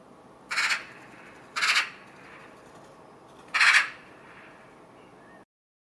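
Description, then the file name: Eurasian magpie giving harsh, rasping chack calls, three separate notes spaced irregularly over a few seconds. "Pica pica"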